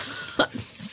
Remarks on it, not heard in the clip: I have something called distant cough. I'm coughing, but it really sounds like it's from a distance because it comes from deep down in the esophagus, in the larynx.